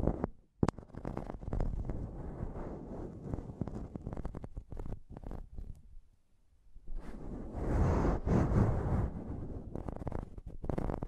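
Dense scratching and rubbing on a microphone, with rough, low-heavy rumbling and a sharp tap near the start. The scraping runs continuously, drops out briefly around six seconds, then returns brighter and busier, with quick taps scattered through the final seconds.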